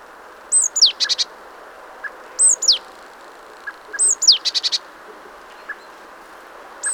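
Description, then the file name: Great tit calling, each call a sharp descending whistle that runs into a short chattering burst, repeated several times with faint background hiss. "Parus major"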